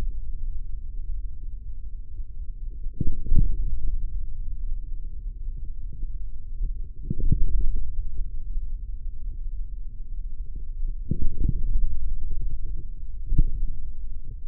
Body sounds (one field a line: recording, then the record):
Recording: forearm muscle sounds (acoustic myography)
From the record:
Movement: hand closing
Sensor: system 3, bracelet of six PUI Audio POM-2738L microphones around the upper forearm, with dedicated amplification and filtering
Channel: 2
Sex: male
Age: 43 years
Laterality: right